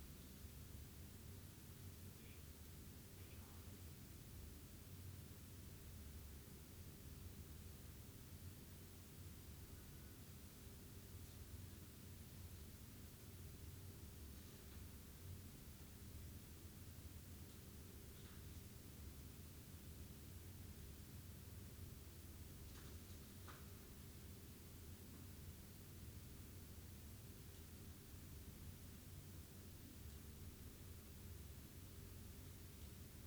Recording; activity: daily activity, guitar pickup as the sensor; stand